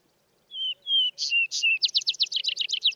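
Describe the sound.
Vesper sparrow: two slow whistles lead off a Vesper sparrow's song, then two bright notes and a fast, even series of buzzy downslurs running to the end.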